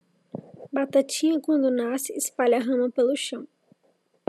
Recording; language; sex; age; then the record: short text; Brazilian Portuguese; female; 20 to 29 years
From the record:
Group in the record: control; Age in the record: 26 years